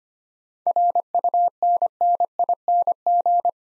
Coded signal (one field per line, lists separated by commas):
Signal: Morse code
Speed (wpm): 25 wpm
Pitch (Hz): 700 Hz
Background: none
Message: RUNNING